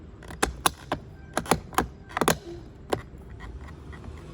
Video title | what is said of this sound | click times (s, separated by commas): Tesla Wide Angle Side Mirrors! Model S, Model 3, Model X! | and put even pressure until you hear it click. | 0.4 s, 0.7 s, 1.5 s, 1.8 s, 2.2 s, 2.3 s